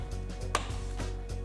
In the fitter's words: press in until you hear a click